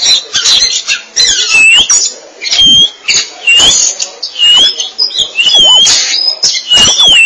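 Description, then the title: Oriental magpie-robin song with loud, repeated slurred whistles, interspersed with buzzy scratchy notes and clicks. Chirping song (kicauan). "Suara Kicauan Burung Kacer Durasi Panjang"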